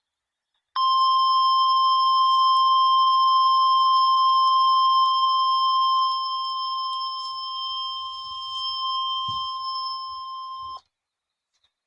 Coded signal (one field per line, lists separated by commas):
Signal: Emergency Alert System (SAME) tones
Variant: 1050 Hz attention tone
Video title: EAS 98 and 99 - (Missed 98 except for EOM) SVR Arkansas